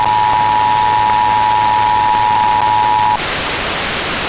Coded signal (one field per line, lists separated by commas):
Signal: Emergency Alert System (SAME) tones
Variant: 853 and 960 Hz attention tone